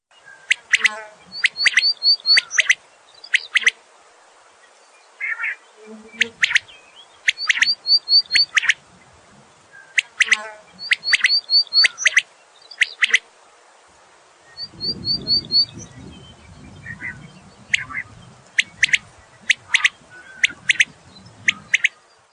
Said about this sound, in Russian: Перепел — птица степная. Но еще в недавние времена перепелов много водилось в Центральной России. Помню очень хорошо, как в полях дозревающие ржи, там и тут раздавался громкий крик перепелов. «Спать пора, спать пора, спать пора!»